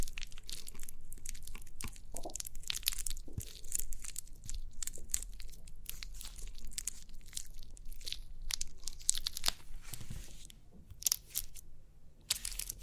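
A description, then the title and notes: Crinkly pimple popping: a dense run of short, bright crackling and crinkling bursts, many clustered tightly, with sharper spikes near 9, 11 and 12.5 seconds. A low, steady rumble runs underneath throughout, and the crackles stay irregular without settling into a rhythm. Crinkly Pimple Popping.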